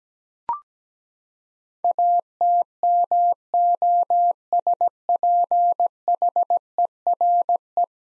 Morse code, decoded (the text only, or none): ATMOSPHERE